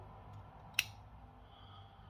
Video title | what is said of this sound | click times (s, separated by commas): ONEBLADE Hybrid Razor: Feather Blade: CRSW-Citrus Maximus Soap Bbayliss Balm: Florida Water Splash | Did you hear that click? So that's it, locked on now. | 0.8 s